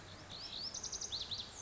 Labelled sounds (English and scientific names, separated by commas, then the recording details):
Lazuli Bunting (Passerina amoena)
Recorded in Sonoma County, California